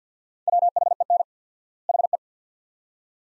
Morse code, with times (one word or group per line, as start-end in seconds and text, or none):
0.5-1.2 WHEN
1.9-2.2 HE